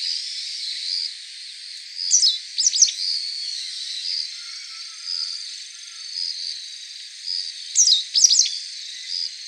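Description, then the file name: Japanese wagtail calls: two quick bursts of sweeping high chirps, with a constant droning background hum and soft pulsing notes between. "segurosekirei"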